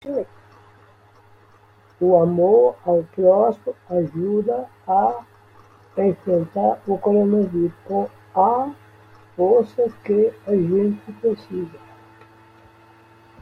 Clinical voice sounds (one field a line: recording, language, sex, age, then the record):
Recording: spoken sentence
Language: Brazilian Portuguese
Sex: male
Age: 60 to 69 years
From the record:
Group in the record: control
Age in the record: 67 years